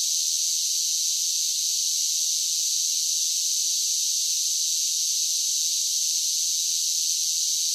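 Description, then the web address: Cicadas giving a sustained high-pitched buzzing chorus, steady and unvarying from start to finish. "Blast Wave Insect Cicadas"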